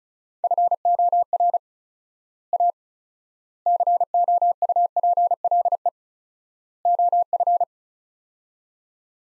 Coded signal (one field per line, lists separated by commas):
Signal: Morse code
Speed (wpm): 36 wpm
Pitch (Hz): 700 Hz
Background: none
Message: FOR A COUPLE OF